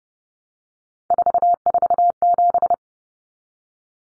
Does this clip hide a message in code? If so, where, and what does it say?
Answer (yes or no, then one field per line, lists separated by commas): yes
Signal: Morse code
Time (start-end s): 1.1-2.7 s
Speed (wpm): 30 wpm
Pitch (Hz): 700 Hz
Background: none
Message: 447